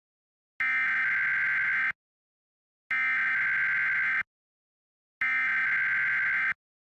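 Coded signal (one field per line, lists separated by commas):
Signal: Emergency Alert System (SAME) tones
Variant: header bursts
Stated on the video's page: Fictional EAS scenario, a Sonic.EXE horror Halloween special.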